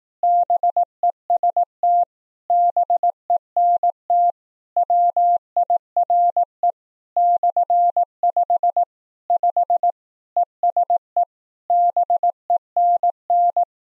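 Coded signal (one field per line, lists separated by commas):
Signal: Morse code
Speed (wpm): 18 wpm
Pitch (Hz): 700 Hz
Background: none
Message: BEST BENT WIRE /5 5 ESE BENN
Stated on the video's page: Morse CW telegraphy sent at 15 baud with a 700 hertz tone.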